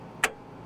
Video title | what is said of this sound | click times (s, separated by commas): How to install Dante Brooklyn II in Behringer WING | until it locks into place and you know it's locked into place correctly because the let | 0.2 s